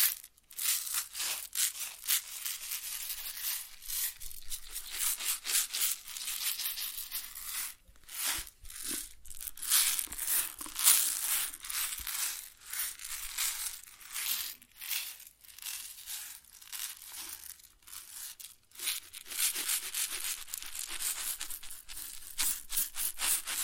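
Grain pours and shifts in a dense, continuous rustle, bright and hissy, made of many tiny crackling impacts. The flow surges and thins irregularly, with brief dips near 8, 12 and 18 seconds before picking up again.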